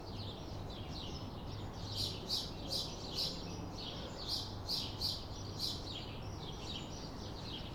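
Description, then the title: Sparrows chirping, with short high chirps repeated in loose bursts over a steady low traffic rumble. Evening in a residential street; busy birdsong mainly of sparrows. "Busy spacious birdsong manly sparrows."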